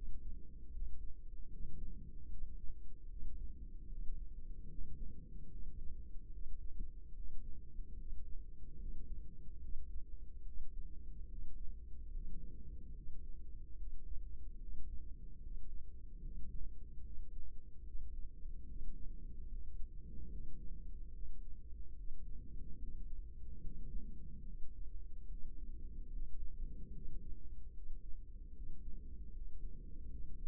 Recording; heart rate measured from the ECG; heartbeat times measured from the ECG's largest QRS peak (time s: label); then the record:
heart sounds by microphone in the right ear; 74 bpm
0.70 s: heartbeat
1.48 s: heartbeat
2.28 s: heartbeat
3.07 s: heartbeat
3.87 s: heartbeat
4.67 s: heartbeat
5.48 s: heartbeat
6.29 s: heartbeat
7.12 s: heartbeat
7.95 s: heartbeat
8.76 s: heartbeat
9.59 s: heartbeat
10.43 s: heartbeat
11.27 s: heartbeat
12.09 s: heartbeat
12.92 s: heartbeat
13.75 s: heartbeat
14.58 s: heartbeat
15.39 s: heartbeat
16.20 s: heartbeat
17.01 s: heartbeat
17.82 s: heartbeat
18.65 s: heartbeat
19.46 s: heartbeat
20.28 s: heartbeat
21.10 s: heartbeat
21.94 s: heartbeat
22.77 s: heartbeat
23.60 s: heartbeat
24.44 s: heartbeat
25.27 s: heartbeat
26.09 s: heartbeat
26.91 s: heartbeat
27.72 s: heartbeat
28.52 s: heartbeat
29.30 s: heartbeat
30.08 s: heartbeat
From the record:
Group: healthy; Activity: rest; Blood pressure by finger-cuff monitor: 102/73 mmHg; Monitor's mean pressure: 83 mmHg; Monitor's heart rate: 74 bpm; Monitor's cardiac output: 5.5 L/min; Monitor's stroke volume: 74 mL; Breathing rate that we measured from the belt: 17 breaths a minute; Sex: female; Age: 32 years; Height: 172 cm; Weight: 71.7 kg